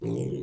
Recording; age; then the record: pig call; weaner (32 to 43 days)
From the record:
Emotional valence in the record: negative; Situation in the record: novel object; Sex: female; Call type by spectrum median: low-frequency call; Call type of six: low-frequency stable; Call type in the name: low-frequency stable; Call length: 0.42 s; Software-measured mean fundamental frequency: 62 Hz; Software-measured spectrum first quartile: 157 Hz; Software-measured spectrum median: 295 Hz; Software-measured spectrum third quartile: 476 Hz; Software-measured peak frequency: 378 Hz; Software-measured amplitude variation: 133 dB a second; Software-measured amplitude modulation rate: 29.6 a second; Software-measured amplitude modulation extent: 4.5 dB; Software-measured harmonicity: 2.2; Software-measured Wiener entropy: -0.39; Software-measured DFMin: 1133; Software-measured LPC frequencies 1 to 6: 370, 2303, 2987, 3684, 5724, 7460 Hz